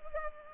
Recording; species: mosquito wingbeat signal from an infrared sensor; Culex pipiens